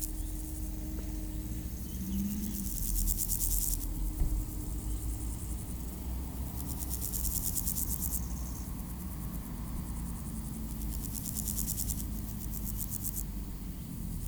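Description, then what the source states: Grasshopper song in a few bursts of rapid high-pitched pulses, with low rumbling road noise. Beside road D633 at Aveize, France, with passing cars; recorded with a Sony PCM-M10 in AB microphone position.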